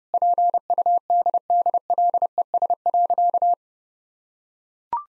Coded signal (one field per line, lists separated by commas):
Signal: Morse code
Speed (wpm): 32 wpm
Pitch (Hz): 700 Hz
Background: none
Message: PUDDLES.